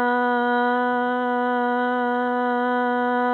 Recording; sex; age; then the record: sustained vowel /a/; female; 30 to 39 years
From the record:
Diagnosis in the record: healthy control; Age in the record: 36 years